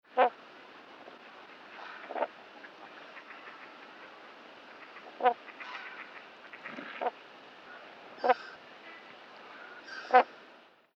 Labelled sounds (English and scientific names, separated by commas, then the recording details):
Black Swan (Cygnus atratus)
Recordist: Tembrock, Günter
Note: Rufe jungeführender Altvögel